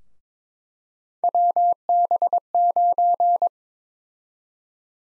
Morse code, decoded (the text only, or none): WB9